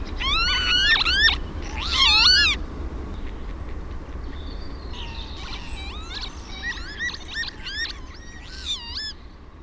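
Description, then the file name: Northern lapwing giving slurred, rising-then-falling 'pee-wit' cries, a loud pair of bursts at the start followed by quieter, repeated swooping calls, with a low background rumble. "TOYHTOHYYPPA"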